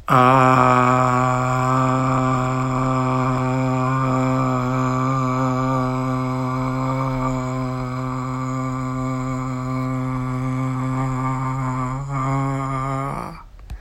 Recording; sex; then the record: sustained vowel /a/; male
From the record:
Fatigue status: fatigue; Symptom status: symptomatic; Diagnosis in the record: COVID-19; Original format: m4a